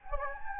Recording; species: mosquito wingbeat signal from an infrared sensor; Anopheles gambiae